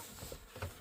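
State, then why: Not seated. A plastic instrument cluster trim panel on a Ford Explorer dashboard is handled and pushed in at the bottom, where its retaining clip goes into the dash. Low handling rustle is heard, with a brief louder bump around 0.6 s. The panel is not yet home, and nothing has seated or clicked yet.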